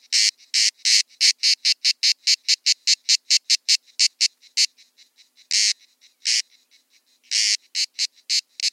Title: Sylvain Jaskowiak - Animus. Rencontre de cigales grises - Buoux, Vaucluse - juin 2004